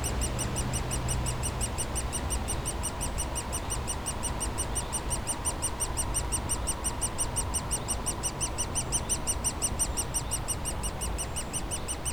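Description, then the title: Woodpecker nestlings giving rapid, continuous high chirping calls in a steady stream, over a low background rumble. Woodpecker nestlings calling continuously from their cavity at the foot of a dead tree trunk, Bois Saint-Martin near Lognes aerodrome, Noisy-le-Grand, France, planes flying overhead; recorded with DR-40X. "Bois Saint-Martin RH9V+J6 Noisy-le-Grand, France - Oisillons et gros "volatiles" bruyants"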